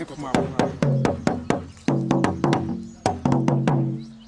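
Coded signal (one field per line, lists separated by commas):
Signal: talking drum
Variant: Asante atumpan drums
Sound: about thirteen resonant drum strokes alternating high and low pitch in phrased rhythm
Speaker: that one saying when you kill a thousand yeah a thousand will come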